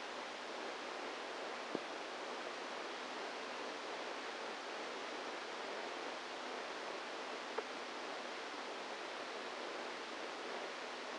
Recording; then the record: brain microelectrode recording played as sound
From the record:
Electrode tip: inside the subthalamic nucleus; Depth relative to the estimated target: -2 mm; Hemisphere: right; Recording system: NeuroSet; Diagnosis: Parkinson's disease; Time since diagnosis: 27 years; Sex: male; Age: 62 years